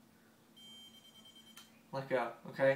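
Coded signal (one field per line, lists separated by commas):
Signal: none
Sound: tracker's power-off beeps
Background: speech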